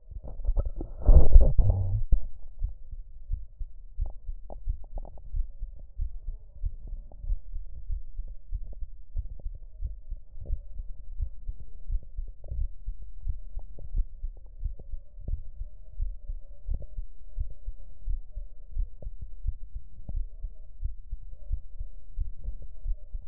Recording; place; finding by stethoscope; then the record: heart sounds by stethoscope; mitral valve (MV); normal heart sounds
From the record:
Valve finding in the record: mitral regurgitation, grade 0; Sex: male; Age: 42 years